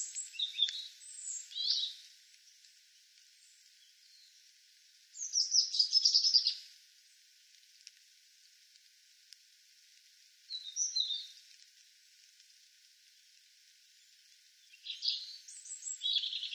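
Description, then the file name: European robin song: short, high, thin phrases spaced several seconds apart, with quiet gaps between them. "Erithacus rubecula"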